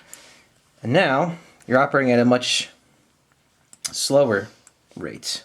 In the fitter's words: we can see there's a second set of gears here we can press that in here clicks locks in place and